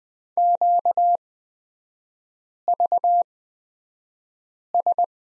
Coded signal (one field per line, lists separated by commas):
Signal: Morse code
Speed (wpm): 20 wpm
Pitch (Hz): 700 Hz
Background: none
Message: QVS